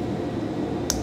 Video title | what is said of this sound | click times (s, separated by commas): New Products 4/25/2018 Featuring Adafruit Animated Eyes Bonnet for Rasp Pi @adafruit #adafruit | and it really Clicks in place and then yeah it's nice and solid and you've got two | 0.9 s